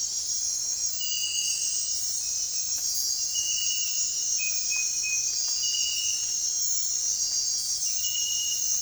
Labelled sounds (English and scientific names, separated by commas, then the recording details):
none
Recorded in dense forest near Puerto Asís, Putumayo, Colombia, on 21 December 2024 at 04:00
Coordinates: 0.468, -76.322
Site G071